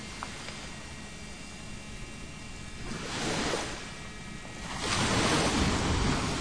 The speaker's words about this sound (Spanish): ¿Qué vendría a ser? ¿Una tormenta, viento, las olas? Para mí eso son las olas, pero las bueno, olas. Para mí. O las olas con mucho viento. Sí, o sea, más, digamos, o tal vez cuando está subiendo la marea, que tienen por ahí más fuerza.